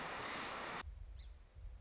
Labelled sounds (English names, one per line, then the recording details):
Song Sparrow
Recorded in Sonoma County, California